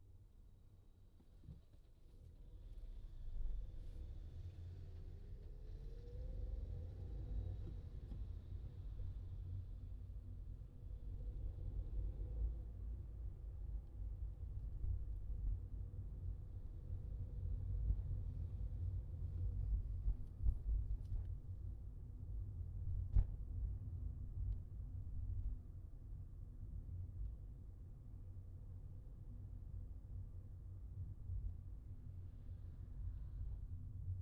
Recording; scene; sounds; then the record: everyday scene through a hearing-aid microphone; in a vehicle; engine, traffic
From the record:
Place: Skoda Fabia, gasoline engine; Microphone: in the ear canal, left